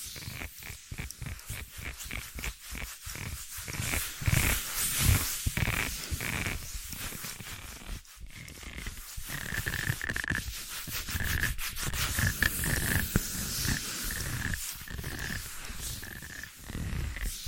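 Tapping, scratching and tracing: quick, uneven taps crowd the first eight seconds, each a sharp crisp click with some low thump. After that the sound turns into denser, steadier scratchy rubbing with fewer distinct taps, and a faint thin tone hovers underneath.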